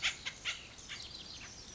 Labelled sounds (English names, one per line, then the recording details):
House Finch
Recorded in Sonoma County, California